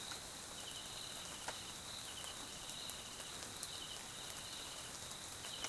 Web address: GDC 2018-Game Audio Bundle Tonschliff - SOUTH AFRICAN CRICKETS BG Swaziland Mkhaya Jungle Night Rain